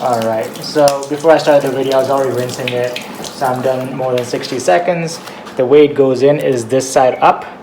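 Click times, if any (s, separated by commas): none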